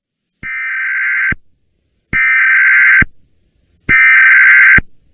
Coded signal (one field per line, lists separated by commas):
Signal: Emergency Alert System (SAME) tones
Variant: header bursts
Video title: Online Radio Relay Mayhem | EAS 78-89